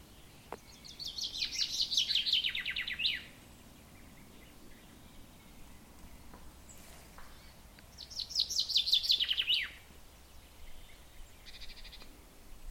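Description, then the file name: Common chaffinch song delivered twice, each a rapid descending rattle of notes finishing with a flourish, separated by about five seconds of quiet hiss. "Fringilla coelebs"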